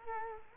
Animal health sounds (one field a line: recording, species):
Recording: mosquito wingbeat signal from an infrared sensor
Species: Culex quinquefasciatus